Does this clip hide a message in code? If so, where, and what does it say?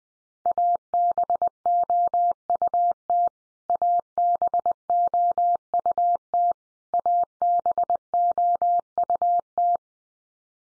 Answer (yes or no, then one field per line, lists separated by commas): yes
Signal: Morse code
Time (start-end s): 0.5-9.8 s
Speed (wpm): 20 wpm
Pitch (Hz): 700 Hz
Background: none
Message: ABOUT ABOUT ABOUT